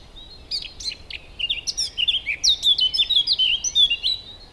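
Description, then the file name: Eurasian blackcap song, a fast tumbling warble of chirps and slurred whistles gathering pace and loudness through the phrase. "Sylvia atricapilla"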